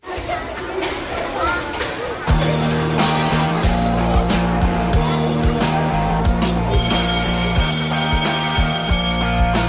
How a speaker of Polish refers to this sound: Godzina wychowawcza. Dziś ten szkolny sygnał godziny wychowawczej jest trochę bardziej na miejscu, bo powoli zaczynamy szykować się do rozpoczęcia roku szkolnego.